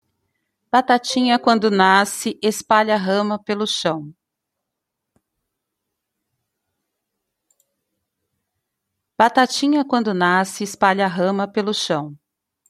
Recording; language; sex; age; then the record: short text; Brazilian Portuguese; female; 50 to 59 years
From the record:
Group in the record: control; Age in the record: 54 years